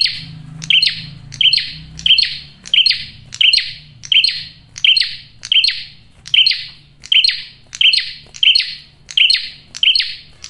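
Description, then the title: Prinia song of piercing, evenly spaced chirps, about 85 per minute, each a high note trailing into a brief buzz, over a low background hum. Male prenjak singing loud, clear and continuous, for use as a lure (pikat) and to draw in females. "Masteran Duet Cililin Vs Kapas Tembak. PRENJAK JANTAN GACOR SUARA JERNIH, RAPET. " COCOK UNTUK PIKAT MAUPUN PANCINGAN BETINA ""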